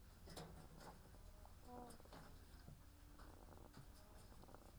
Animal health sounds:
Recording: poultry house recording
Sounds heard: sick chickens (respiratory disease)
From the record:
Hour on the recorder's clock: 13

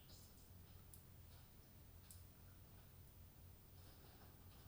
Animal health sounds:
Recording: poultry house recording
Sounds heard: no chicken sound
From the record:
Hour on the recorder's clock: 22

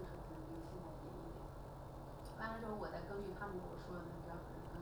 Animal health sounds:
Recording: poultry house recording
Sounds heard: no chicken sound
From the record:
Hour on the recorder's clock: 9

